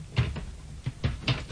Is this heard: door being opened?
yes